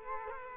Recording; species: mosquito wingbeat signal from an infrared sensor; Culex quinquefasciatus